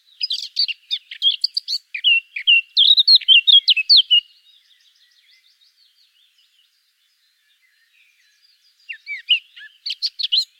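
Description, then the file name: Eurasian blackcap song: fast, rich warbled phrases for about four seconds, then a quiet soft twittering passage and a brief pause, with a fresh warble returning at the end. "Sylvia atricapilla"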